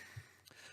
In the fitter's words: to close it up here can you hear that a snap right there and what here